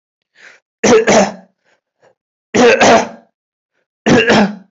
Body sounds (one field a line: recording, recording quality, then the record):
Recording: heavy voluntary cough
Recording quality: excellent, no background noise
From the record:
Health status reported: healthy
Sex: male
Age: 25 years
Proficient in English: yes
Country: India